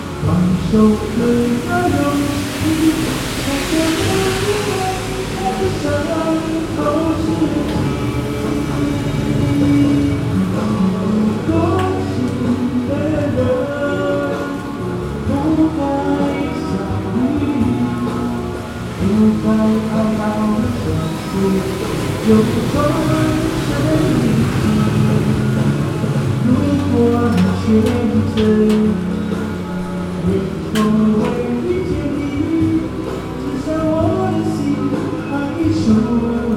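Singing carries over a rainy Lebuh Cintra street, steady layered low melodic voices above a constant soft hiss of rain, unchanging throughout.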